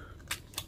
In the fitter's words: up there's a satisfying click and then you know the metal build it's just very nice